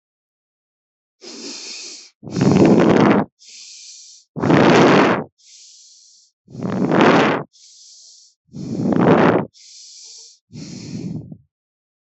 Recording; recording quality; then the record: deep breathing; excellent, no background noise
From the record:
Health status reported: healthy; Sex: female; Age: 41 years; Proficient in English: yes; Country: India